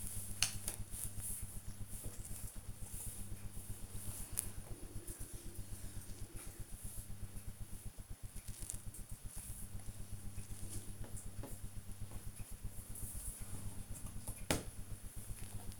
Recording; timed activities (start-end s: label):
household activities, microphone on the right wrist
0.00-15.80 s: doing a puzzle